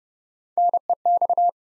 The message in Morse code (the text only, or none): NEX